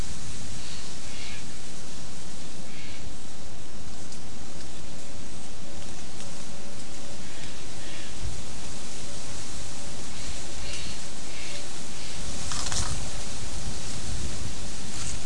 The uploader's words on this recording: Wind through bay, leaf litter talon scratch. 3:00-3:30 pm. Throwback to a late summer windy day under the clearing-edge coast live oaks, spotted towhee foraging in the leaf litter.